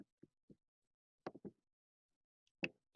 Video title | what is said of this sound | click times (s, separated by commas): Replace 4WD wheel bearing hubs on Ford F150 Raptor or Expedition (most quickly and safely) | Satisfying click. | 2.6 s